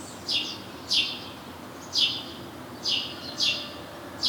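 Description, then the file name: House sparrow calling with six loud, bright chirps, each a quick downward-sweeping note, spaced roughly every half to one second. "Passer domesticus"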